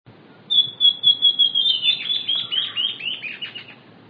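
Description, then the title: Southern chestnut-tailed antbird singing a run of high notes, steady at first, then turning into downslurred notes that continue for about two seconds. Nominate subspecies hemimelaena. "LuckyPassaro Completos2Sama. Southern Chestnut-tailed Antbird (Myrmeciza hemimelaena hemimelaena)"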